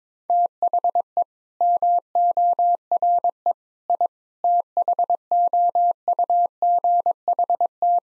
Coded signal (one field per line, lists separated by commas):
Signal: Morse code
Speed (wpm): 22 wpm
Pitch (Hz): 700 Hz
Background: none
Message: THE MORE I THOUGHT